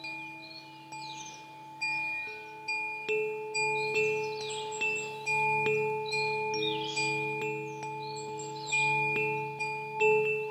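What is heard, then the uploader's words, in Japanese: Wind chimes ring in overlapping strikes, a new tone sounding roughly every half second to second, each swelling and slowly fading into a sustained, shimmering wash. Low and high metallic tones layer together, with bright tinkling glints scattered on top throughout. 你可以在風鈴的共鳴管內部看見八根精準校音的含銀音柱焊接在金屬共振盤上。不到6點的時間就進入森林裡。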